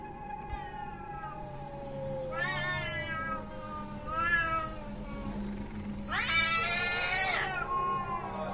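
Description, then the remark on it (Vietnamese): A cat standing on a window, just hit by a thrown rattan pillow, growls, yowls and caterwauls as if preparing to fight, in three drawn-out, wavering cries, the last one loudest and harshest, over a low steady hum with no speech. “Nó đứng ở trên cửa sổ, nó kêu lên những tiếng gầm gừ như là chuẩn bị đánh nhau, nghe như là ai oán, thậm chí còn thấy như là hận là thù.”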